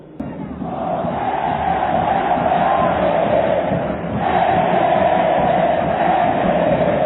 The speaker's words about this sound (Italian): La folla che acclama a gran voce il suo eroe René è l'immagine che lui porterà per sempre nel suo cuore.